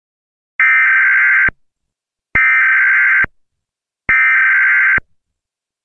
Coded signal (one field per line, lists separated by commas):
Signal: Emergency Alert System (SAME) tones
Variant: header bursts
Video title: eas and eas